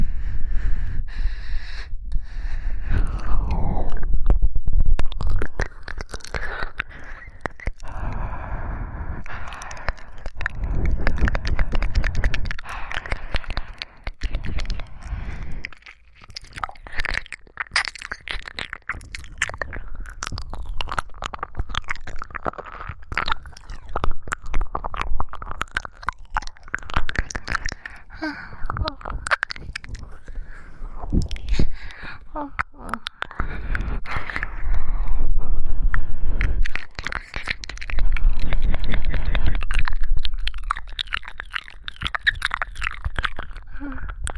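Mouth sounds with tongue clicks. Wet smacks, pops and quick clicks come in dense, irregular bursts throughout, with brief pauses, and low muffled thumps and rumbles swell louder around 2, 9 and 37 seconds.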